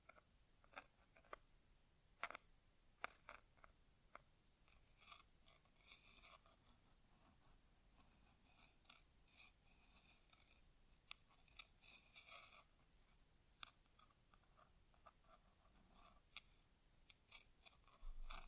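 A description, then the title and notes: ASMR inner ear exam without talking: sharp little clicks and taps land every second or so over a quiet, steady hiss. Around the middle, soft scratchy rustling swells in and out, like tools or fingers brushing, before the sparse tapping resumes. ASMR Inner Ear Exam (No Talking).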